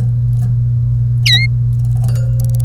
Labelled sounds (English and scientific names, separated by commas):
Domestic Canary (Serinus canaria) song